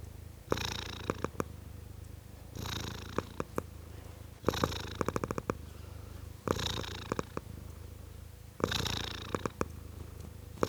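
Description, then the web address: Cat purr: continuous low vibration rising in waves about every two seconds, with light clicking sounds scattered through the louder breaths. Tom cat, purring. "BBC Sound Effects Library. Tom Cat, Purring"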